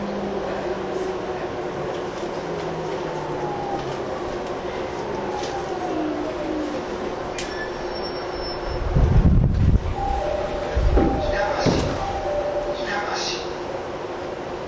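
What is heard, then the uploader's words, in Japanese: A TWR 70-000 series train runs on the Saikyo Line rapid service between Shin-Kiba and Akabane, with a steady low rumble and a constant whining tone. Around nine to twelve seconds, heavier thumps and clatter swell, alongside brief sliding tones and clicks. TWR70-000形 埼京線快速01 新木場～赤羽。209系と同じオリジナルのインバータ音だった、TWR70-000形”埼京線快速”を収録したものです。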